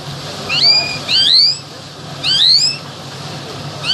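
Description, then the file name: Bimaculated lark giving bright upslurred whistled notes in short phrases separated by pauses, over a soft low hum. "sound black bimaculated lark"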